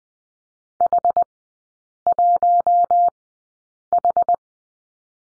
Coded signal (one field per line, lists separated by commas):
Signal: Morse code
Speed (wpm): 20 wpm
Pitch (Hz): 700 Hz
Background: none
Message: H1H